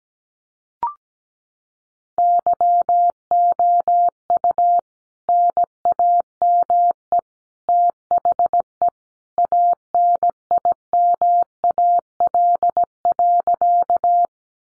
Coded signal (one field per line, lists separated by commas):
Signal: Morse code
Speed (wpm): 17 wpm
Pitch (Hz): 700 Hz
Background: none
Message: YOU NAME THE ANIMAL.